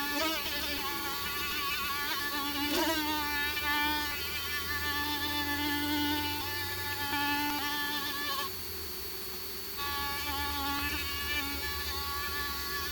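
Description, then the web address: Whining mosquitoes, a continuous high buzzing hum that wobbles in pitch, briefly dropping out before resuming, over a low background rumble. Several mosquitoes whining; from the Finnish broadcaster Yle's collection. "yle fi tehosto, hyttyset inisevat"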